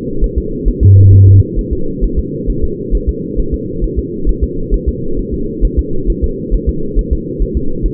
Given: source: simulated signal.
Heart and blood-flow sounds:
fetal heart sounds
0.24 s: S1
0.38 s: S2
0.68 s: S1
0.83 s: S2
1.13 s: S1
1.28 s: S2
1.59 s: S1
1.73 s: S2
2.04 s: S1
2.19 s: S2
2.50 s: S1
2.64 s: S2
2.95 s: S1
3.09 s: S2
3.40 s: S1
3.54 s: S2
3.84 s: S1
3.99 s: S2
4.29 s: S1
4.44 s: S2
4.74 s: S1
4.89 s: S2
5.19 s: S1
5.34 s: S2
5.65 s: S1
5.79 s: S2
6.10 s: S1
6.24 s: S2
6.54 s: S1
6.69 s: S2
6.99 s: S1
7.13 s: S2
7.42 s: S1
7.57 s: S2
7.86 s: S1
From the record:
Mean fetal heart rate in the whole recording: 135 bpm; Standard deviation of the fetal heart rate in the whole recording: 3 bpm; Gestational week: 36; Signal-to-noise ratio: -8.1 dB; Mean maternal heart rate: 72 bpm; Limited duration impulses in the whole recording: present

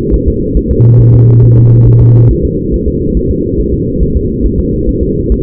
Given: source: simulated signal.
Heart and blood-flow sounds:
fetal heart sounds
0.14 s: S1
0.28 s: S2
0.57 s: S1
0.71 s: S2
1.01 s: S1
1.15 s: S2
1.44 s: S1
1.58 s: S2
1.88 s: S1
2.02 s: S2
2.31 s: S1
2.45 s: S2
2.74 s: S1
2.88 s: S2
3.17 s: S1
3.31 s: S2
3.60 s: S1
3.74 s: S2
4.03 s: S1
4.16 s: S2
4.46 s: S1
4.60 s: S2
4.89 s: S1
5.03 s: S2
5.32 s: S1
From the record:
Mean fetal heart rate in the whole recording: 140 bpm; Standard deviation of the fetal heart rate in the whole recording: 2 bpm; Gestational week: 34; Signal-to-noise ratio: -14.7 dB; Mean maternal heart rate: 72 bpm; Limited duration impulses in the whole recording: present

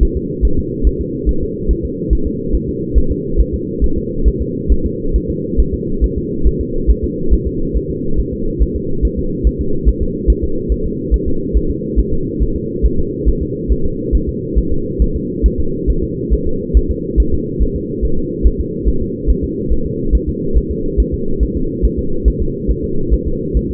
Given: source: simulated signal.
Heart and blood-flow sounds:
fetal heart sounds
0.03 s: S1
0.17 s: S2
0.45 s: S1
0.59 s: S2
0.87 s: S1
1.01 s: S2
1.29 s: S1
1.43 s: S2
1.71 s: S1
1.85 s: S2
2.13 s: S1
2.27 s: S2
2.55 s: S1
2.69 s: S2
2.98 s: S1
3.12 s: S2
3.41 s: S1
3.54 s: S2
3.84 s: S1
3.98 s: S2
4.28 s: S1
4.42 s: S2
4.72 s: S1
4.86 s: S2
5.16 s: S1
5.30 s: S2
5.60 s: S1
5.74 s: S2
6.04 s: S1
6.18 s: S2
6.47 s: S1
6.61 s: S2
6.90 s: S1
7.04 s: S2
7.34 s: S1
7.47 s: S2
7.77 s: S1
7.90 s: S2
8.20 s: S1
8.33 s: S2
8.62 s: S1
8.76 s: S2
9.05 s: S1
9.19 s: S2
9.47 s: S1
9.61 s: S2
9.89 s: S1
10.02 s: S2
10.30 s: S1
10.44 s: S2
10.72 s: S1
10.86 s: S2
11.14 s: S1
11.28 s: S2
11.57 s: S1
11.71 s: S2
12.00 s: S1
12.13 s: S2
12.43 s: S1
12.56 s: S2
12.86 s: S1
12.99 s: S2
13.29 s: S1
13.42 s: S2
13.72 s: S1
13.86 s: S2
14.15 s: S1
14.29 s: S2
14.58 s: S1
14.72 s: S2
15.02 s: S1
15.16 s: S2
15.46 s: S1
15.60 s: S2
15.90 s: S1
16.04 s: S2
16.33 s: S1
16.47 s: S2
16.77 s: S1
16.91 s: S2
17.20 s: S1
17.34 s: S2
17.62 s: S1
17.76 s: S2
18.05 s: S1
18.19 s: S2
18.47 s: S1
18.60 s: S2
18.88 s: S1
19.02 s: S2
19.30 s: S1
19.44 s: S2
19.73 s: S1
19.86 s: S2
20.15 s: S1
20.29 s: S2
20.58 s: S1
20.71 s: S2
21.00 s: S1
21.14 s: S2
21.43 s: S1
21.57 s: S2
21.85 s: S1
21.99 s: S2
22.28 s: S1
22.42 s: S2
22.71 s: S1
22.84 s: S2
23.14 s: S1
23.27 s: S2
23.57 s: S1
23.71 s: S2
From the record:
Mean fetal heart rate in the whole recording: 140 bpm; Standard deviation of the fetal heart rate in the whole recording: 2 bpm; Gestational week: 34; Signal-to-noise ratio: -8.1 dB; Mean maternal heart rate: 72 bpm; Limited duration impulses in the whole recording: absent

